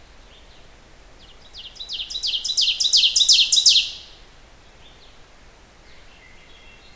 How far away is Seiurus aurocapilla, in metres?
about 10 m